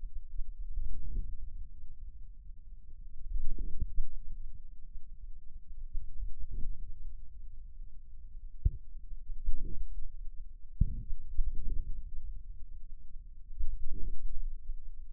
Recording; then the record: forearm muscle sounds (acoustic myography)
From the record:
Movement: hand closing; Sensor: system 2, bracelet of six BSWA MPA416 microphones around the upper forearm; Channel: 5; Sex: male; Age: 22 years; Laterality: right